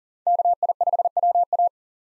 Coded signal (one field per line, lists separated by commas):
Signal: Morse code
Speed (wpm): 40 wpm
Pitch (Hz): 700 Hz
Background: none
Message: KI5WA